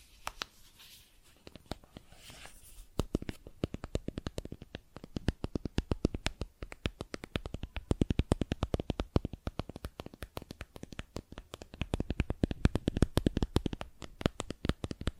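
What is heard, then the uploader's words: Plastic objects are tapped in quick, irregular bursts of sharp clicks, starting quiet and sparse with a faint scratchy rustle for the first three seconds. From there the taps come thick and fast, some louder than others, until the end. ASMR Plastic Objects Tapping and Scratching (No Talking).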